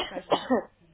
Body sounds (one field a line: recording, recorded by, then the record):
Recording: voluntary cough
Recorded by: telephone call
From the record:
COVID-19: positive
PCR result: checked with the laboratory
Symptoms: yes